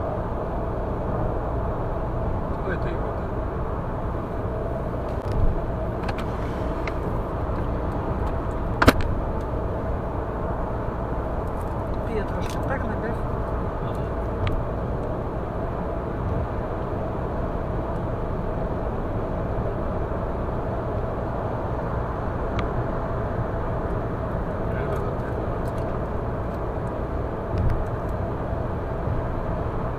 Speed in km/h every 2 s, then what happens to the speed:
105, 105, 105, 105, 104, 105, 105, 105, 105, 105, 106, 106, 106, 106, 106.
0-30 steady at about 105.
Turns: none.